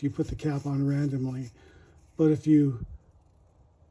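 A wooden fountain pen cap made of ebony and osage orange is handled near the pen body while someone talks. Nothing has seated or clicked yet.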